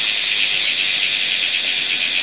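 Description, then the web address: Bear cicada song: a loud, steady, unbroken hissing buzz that holds at the same level throughout, with no pauses or other sounds. "kumazemi"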